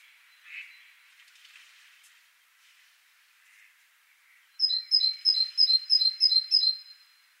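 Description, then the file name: Great tit, faint twittering at first, then a burst of several bright high-low paired notes in quick, even succession. "Parus major"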